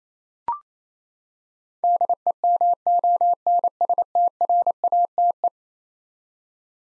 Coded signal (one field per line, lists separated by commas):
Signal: Morse code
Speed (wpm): 27 wpm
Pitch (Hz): 700 Hz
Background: none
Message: DEMONSTRATE